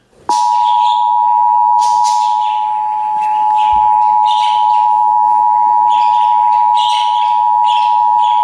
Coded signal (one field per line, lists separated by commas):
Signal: Emergency Alert System (SAME) tones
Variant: 853 and 960 Hz attention tone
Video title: THUNDER HERE, THUNDER THERE! EAS Alerts from 6/13/17 (EAS #233 - 260)